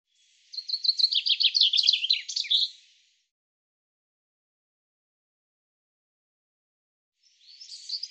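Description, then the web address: Common chaffinch giving a full descending trill of crisp notes ending in a flourish, then about four seconds of silence before the next phrase starts. "Deverinetal 2025 File cleaned normalized Bird Fr Co"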